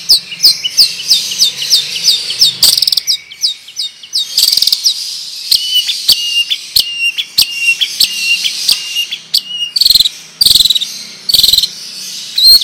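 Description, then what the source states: Long-tailed shrike song, a dense run of scratchy high chirps and clicks in rapid succession, broken by short gaps and sudden louder bursts. Long, rolling song style (ngerol panjang); bird described as singing actively (gacor).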